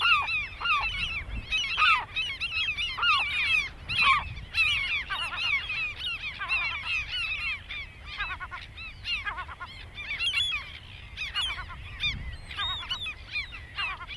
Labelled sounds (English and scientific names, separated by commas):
European Herring Gull (Larus argentatus) call